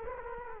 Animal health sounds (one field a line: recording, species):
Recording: mosquito wingbeat signal from an infrared sensor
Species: Culex quinquefasciatus